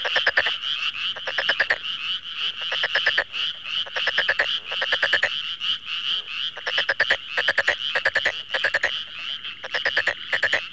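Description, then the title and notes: Frog calling: rapid rattling bursts of clicks over a steady ringing trill, repeated in quick clusters throughout. "NHK効果音集 - 3-カエル"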